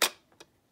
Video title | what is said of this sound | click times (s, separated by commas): 3D Printing for RC Planes - 3D Printed Propellers? | clicks into place around that little loop and to take it off | 0.3 s, 0.4 s